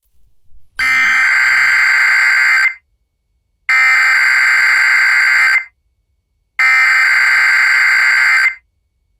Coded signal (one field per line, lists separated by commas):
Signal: Emergency Alert System (SAME) tones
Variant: header bursts